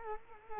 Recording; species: mosquito wingbeat signal from an infrared sensor; Culex quinquefasciatus